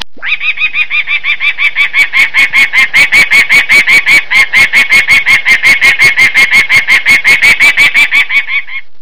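Falcon calling: a loud, steady, rapid series of many harsh, nasal notes, kept up without pause for roughly nine seconds.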